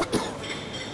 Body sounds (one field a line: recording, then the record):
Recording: coughing mixed with background sound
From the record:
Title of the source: 31 night wet cough